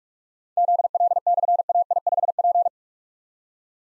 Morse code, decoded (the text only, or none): ZL/AI5P